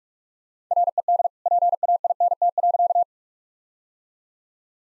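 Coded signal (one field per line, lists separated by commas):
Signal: Morse code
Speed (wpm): 46 wpm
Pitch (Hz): 700 Hz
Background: none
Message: RED PAINT.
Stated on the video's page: Practice set of all-age jokes at 45 wpm, with context hints.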